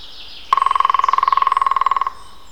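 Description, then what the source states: European green woodpecker drumming, a sudden rapid burst of evenly spaced taps that keeps going for about one and a half seconds before stopping. Drumming, recorded on 21 April 2001.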